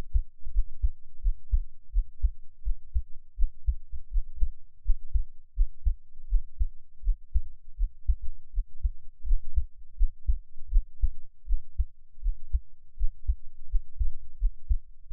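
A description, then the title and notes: A close, muffled heartbeat thumps steadily at a quick, regular pace, deep and low, with paired beats repeating throughout and nothing else. 獻上我的心跳 | Give my Heartbeat | NO Talking. 我決定以後都用NT5錄心音啦！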